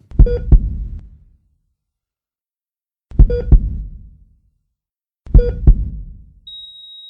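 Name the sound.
heartbeat sound effect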